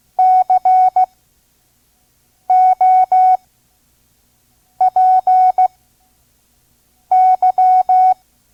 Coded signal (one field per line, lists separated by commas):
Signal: Morse code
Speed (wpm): 15 wpm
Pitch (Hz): 740 Hz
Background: none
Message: COPY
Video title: Morse Code course, Listen and Learn Part 2 (5 words per minute), Vintage ARRL Course for Radio Hams